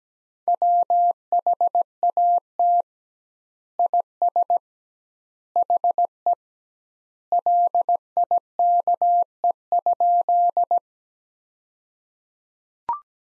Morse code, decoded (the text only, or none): WHAT IS HE LIKE?